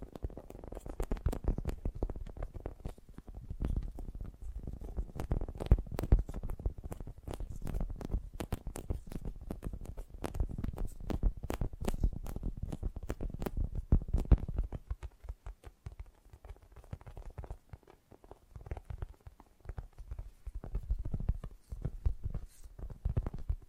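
Fast, gentle tapping in dense, irregular bursts with a soft low thud, thinning and quieting after about fifteen seconds before picking up again.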